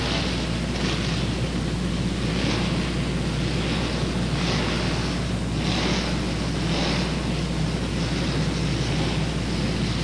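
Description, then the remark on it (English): Racing lawn mower engines of the unlimited open class roar during a heat race in a loud, steady drone with a deep low rumble, swelling and easing in rhythmic pulses about once a second. No voices are heard. “the heat race is moving to the open class, the unlimited class. The unlimited class of mowers.”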